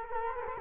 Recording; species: mosquito wingbeat signal from an infrared sensor; Culex quinquefasciatus